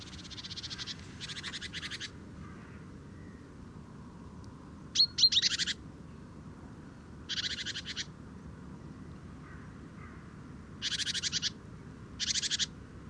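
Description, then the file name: Great tit giving harsh, buzzy chattering bursts, each under a second long, repeated six times at irregular intervals over steady low background hiss. "Parus major"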